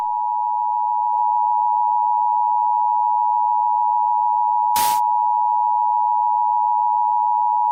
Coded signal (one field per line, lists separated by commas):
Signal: Emergency Alert System (SAME) tones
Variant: 853 and 960 Hz attention tone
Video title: EAS Scenario #1 Cleveland Meltdown